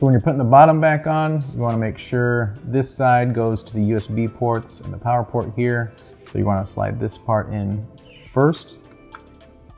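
Someone talks while the plastic bottom cover of a Sony PlayStation TV console is being put back on, with the side by the USB ports and power port slid in first. A brief faint tick is heard near 9.2 seconds, but the cover has not yet snapped or seated into place.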